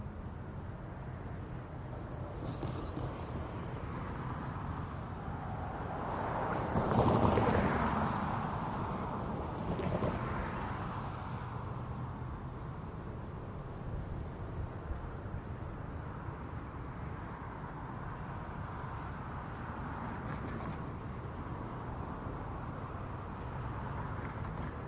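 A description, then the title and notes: Traffic in an old Western American town on an easy afternoon, a steady low rumble underneath throughout. A vehicle swells past around seven seconds, with another smaller rise near ten, then the flow settles back to an even, quiet hum. This episode features an old, Western American town and its relaxing traffic soundscape on a very easy-going afternoon.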